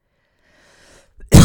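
A faint, breathy intake is followed by a sudden loud, explosive burst at the very end, cut off almost at once. This is a single cough from an adult woman in a quiet indoor room.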